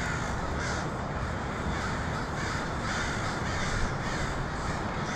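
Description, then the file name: Harsh crow caws overlap in a busy flock chorus above continuous hissing noise. Crows recorded in Portland on 2018-10-23. "pdx crows 2018-10-23"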